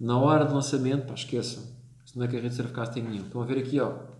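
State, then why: Not seated. A man talks while handling the rotor lock on a surfcasting reel, which is engaged so the rotor cannot turn during the cast. Only his voice is heard, and nothing has seated or clicked yet.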